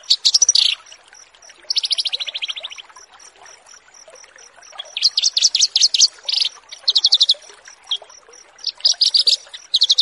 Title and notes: Branjangan VS BURGER Masteran Mewah 1. burung BRANJANGAN